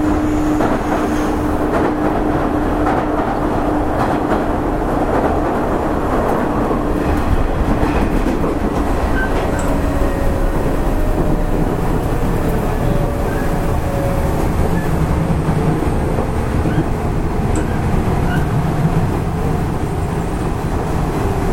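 A Nishitetsu 5000 series train runs steadily, its dense low rumble and rattle holding an even loudness throughout. A humming tone sounds through the first half, while a fainter whine slowly slides downward in the middle, with a few light clicks at intervals.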